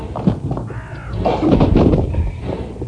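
A crow caws repeatedly, loud and raspy, its harsh calls coming in quick succession across three seconds, with no one talking.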